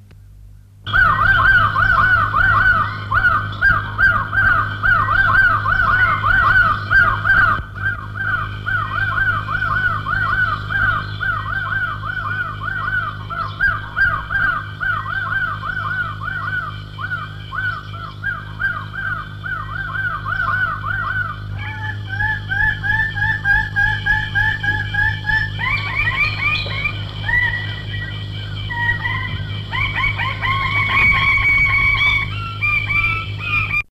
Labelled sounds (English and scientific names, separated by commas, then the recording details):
Raggiana Bird-of-paradise (Paradisaea raggiana) call
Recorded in captivity
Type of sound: call
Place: Zoo Frankfurt, Rheinland-Pfalz, DE
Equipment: Halbspur, 9,5 cm/s
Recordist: Lütgens, Hans
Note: Rufe